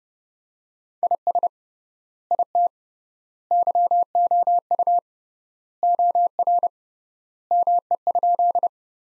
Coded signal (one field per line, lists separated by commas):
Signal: Morse code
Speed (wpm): 30 wpm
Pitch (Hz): 700 Hz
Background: none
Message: IS IT YOU OR ME?